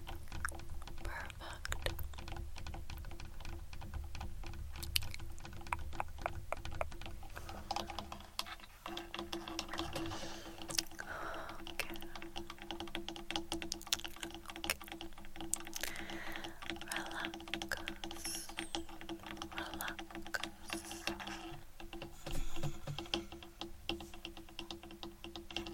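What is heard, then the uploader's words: Fast tapping on and around a camera, a dense run of quick, sharp clicks and taps that goes on without pause. A steady low hum sits underneath throughout, with a deeper rumble fading out after about eight seconds. ASMR Fast Camera Tapping On & Around Camera.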